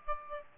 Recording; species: mosquito wingbeat signal from an infrared sensor; Aedes aegypti